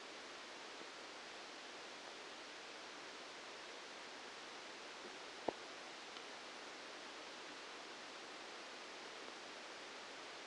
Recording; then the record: brain microelectrode recording played as sound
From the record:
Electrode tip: outside the subthalamic nucleus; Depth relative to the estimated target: -8 mm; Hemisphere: left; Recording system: NeuroSet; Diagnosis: Parkinson's disease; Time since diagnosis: 8 years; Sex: male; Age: 65 years